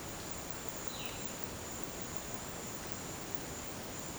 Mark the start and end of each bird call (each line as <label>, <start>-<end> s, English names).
Violaceous Jay, 0.85-1.19 s